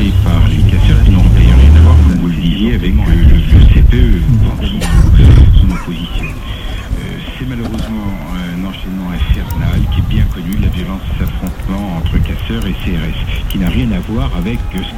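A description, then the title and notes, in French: A street demonstration against a youth employment contract, with raised voices shouting and talking over a crowd. A heavy low rumble and loud bursts fill the first six seconds, then fade, leaving overlapping voices and chatter at a steady, busy level. Manifestation contre Contrat Première Embauche, Grenoble en mars 2006.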